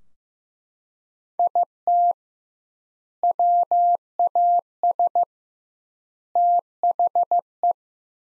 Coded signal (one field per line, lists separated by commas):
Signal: Morse code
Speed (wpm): 15 wpm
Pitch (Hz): 700 Hz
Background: none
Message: IT WAS THE